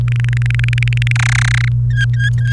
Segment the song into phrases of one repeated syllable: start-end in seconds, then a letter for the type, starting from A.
0.08-1.12 A, 1.16-1.68 B, 1.90-2.53 C